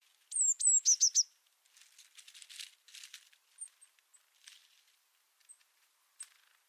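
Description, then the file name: Eurasian blue tit: two thin, high descending whistles and a quick trill, followed by soft rustling and a few faint high notes. "Cyanistes caeruleus"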